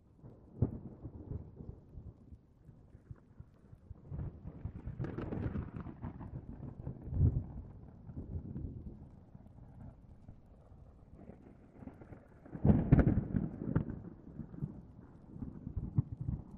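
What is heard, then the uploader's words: Low, grumbling thunder rolls through a rainstorm, the rumble swelling and fading in waves rather than cracking sharply. The louder surges come around five seconds and again near thirteen seconds, with a dull, muffled patter of rain filling the quieter stretches between them. Heavy Rain and Thunder. Light to Heavy rainstorm with grumbling thunder. All Raw and mixed audio recorded on: Focusrite Scarlett CM25, Focusrite Scarlett 2i2 Audio interface.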